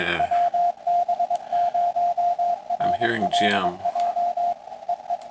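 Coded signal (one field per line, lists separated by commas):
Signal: Morse code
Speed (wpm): 21 wpm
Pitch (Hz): 700 Hz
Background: speech, radio noise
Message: WB0RLJ E E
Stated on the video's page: Parks on the Air activation with an FDX10, Palomar Bullet 71ft end-fed antenna and MFJ-16010 manual tuner.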